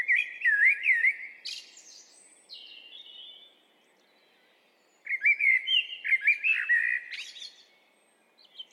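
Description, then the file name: Eurasian blackbird gives two full song phrases, mellow fluting warbles rising into scratchy high twittering, separated by a short pause with a thin whistle. "Turdus merula"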